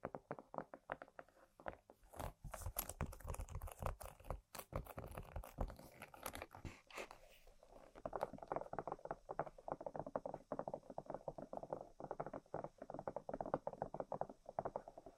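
Quick, dense tapping and scratching on objects, with sharp bright clicks and rough scraping through the first seven seconds. After that the sound turns softer and duller, a steady run of rapid light taps and rubbing that continues to the end.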